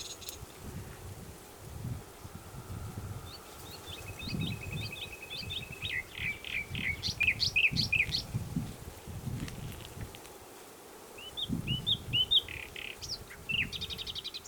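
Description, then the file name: Common nightingale song: a flat rattling trill followed by chattering whistled notes, a pause, then further whistled notes and a buzzy ending, over continuous low background rumble. "Luscinia megarhynchos"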